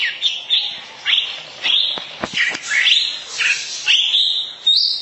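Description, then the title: Oriental magpie-robin song of quick slurred whistles and trills in short phrases, with a few sharp clicks midway. Long-duration song style. "Kacer Durasi Panjang"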